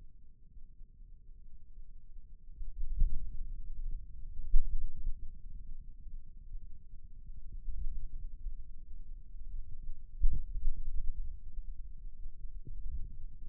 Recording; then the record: forearm muscle sounds (acoustic myography)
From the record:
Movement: finger pinch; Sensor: system 2, bracelet of six BSWA MPA416 microphones around the upper forearm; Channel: 4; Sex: male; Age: 22 years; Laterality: right